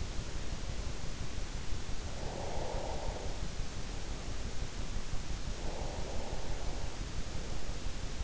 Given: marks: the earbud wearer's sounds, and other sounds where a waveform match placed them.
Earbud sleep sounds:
sounds in sleep by an in-ear microphone; breath
2.07-3.46 s: breath
5.46-7.31 s: breath

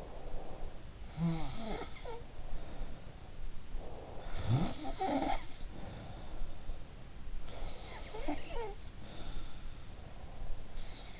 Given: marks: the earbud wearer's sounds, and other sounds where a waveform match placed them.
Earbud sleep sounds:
sounds in sleep by an in-ear microphone; breath
0.00-0.92 s: breath
0.93-3.45 s: sound from someone else or the room
3.85-6.65 s: sound from someone else or the room
7.39-11.20 s: sound from someone else or the room
10.00-11.20 s: breath

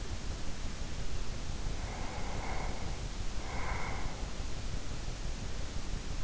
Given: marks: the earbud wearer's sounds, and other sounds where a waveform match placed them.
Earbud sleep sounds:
sounds in sleep by an in-ear microphone; breath
1.61-4.40 s: breath

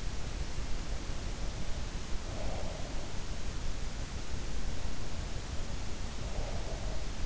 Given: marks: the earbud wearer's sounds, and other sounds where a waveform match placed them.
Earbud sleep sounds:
sounds in sleep by an in-ear microphone; breath
2.11-3.17 s: breath
5.78-6.82 s: breath

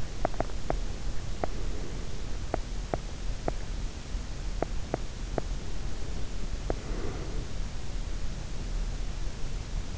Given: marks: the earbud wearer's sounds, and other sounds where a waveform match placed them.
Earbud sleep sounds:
sounds in sleep by an in-ear microphone; teeth grinding, breath
0.00-6.84 s: teeth grinding
0.16-2.24 s: breath
5.65-7.51 s: breath

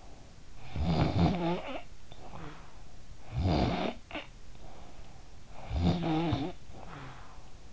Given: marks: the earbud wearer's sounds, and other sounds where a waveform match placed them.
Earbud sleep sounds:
sounds in sleep by an in-ear microphone; snoring breath
0.50-2.75 s: snoring breath
3.18-4.65 s: snoring breath
5.49-7.39 s: snoring breath

